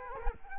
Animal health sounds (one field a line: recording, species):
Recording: mosquito wingbeat signal from an infrared sensor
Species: Culex quinquefasciatus